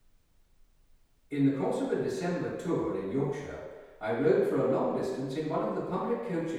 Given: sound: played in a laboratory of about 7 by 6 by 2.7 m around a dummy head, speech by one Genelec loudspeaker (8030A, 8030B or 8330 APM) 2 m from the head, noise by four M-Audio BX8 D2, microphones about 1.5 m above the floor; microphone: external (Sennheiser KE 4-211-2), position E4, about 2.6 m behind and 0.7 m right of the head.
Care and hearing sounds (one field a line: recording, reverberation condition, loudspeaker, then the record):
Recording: male speech in English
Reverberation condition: high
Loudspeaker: 60 degrees to the left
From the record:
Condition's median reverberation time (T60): about 1300 ms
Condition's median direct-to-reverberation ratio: about -4.0 dB